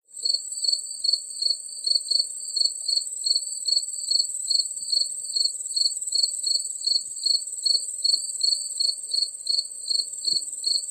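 Cricket song of steady, evenly spaced high chirps, roughly two or three each second, with a continuous high insect drone behind it.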